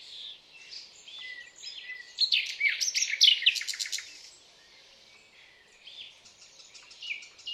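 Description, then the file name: Common nightingale: soft twitters build into a loud, rapid rattle of repeated notes, then the song fades to quiet warbling with brief trills. "Luscinia megarhynchos"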